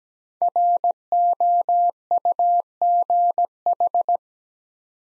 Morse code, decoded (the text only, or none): ROUGH